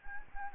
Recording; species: mosquito wingbeat signal from an infrared sensor; Anopheles gambiae